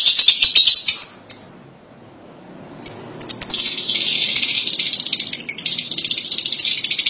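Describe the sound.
Lovebird calls: bursts of shrill high chatter and chirps, a brief quiet gap, then continuous rapid twittering to the end.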